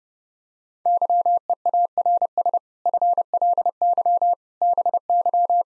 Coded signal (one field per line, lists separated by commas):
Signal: Morse code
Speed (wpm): 32 wpm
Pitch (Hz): 700 Hz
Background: none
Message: YEARS FLY BY